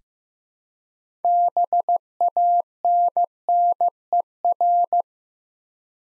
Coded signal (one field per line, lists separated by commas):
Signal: Morse code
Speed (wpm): 15 wpm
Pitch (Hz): 700 Hz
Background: none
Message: BANNER